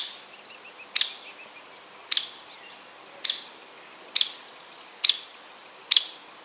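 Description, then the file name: Hairy woodpecker calls: loud, clipped peek notes spaced about a second apart, with a rhythmic high-pitched chittering series running underneath. "Picoides villosus - Hairy Woodpecker"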